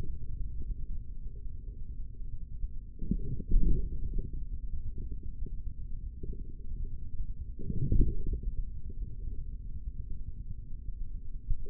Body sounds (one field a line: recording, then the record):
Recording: forearm muscle sounds (acoustic myography)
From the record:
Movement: forearm pronation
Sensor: system 3, bracelet of six PUI Audio POM-2738L microphones around the upper forearm, with dedicated amplification and filtering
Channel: 5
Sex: male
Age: 56 years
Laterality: right